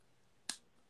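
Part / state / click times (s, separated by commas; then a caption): dropper cap into a glass serum bottle / seated / 0.5 s. The empty dropper pipette is pushed back into a glass serum bottle and its cap is pressed home. A single short, bright click sounds at 0.5 s against a quiet background, and the cap is seated, with the mechanism refilling the dose automatically.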